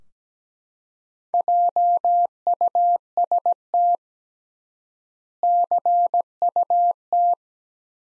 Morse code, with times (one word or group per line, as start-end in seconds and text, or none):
1.3-4.0 JUST
5.4-7.3 CUT